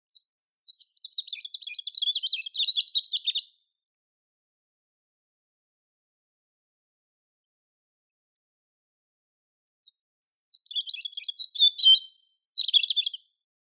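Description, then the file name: European robin song: two clear phrases of high, rapid, warbling twitters and trills, a long silence between them, no other sounds. "Erithacus rubecula"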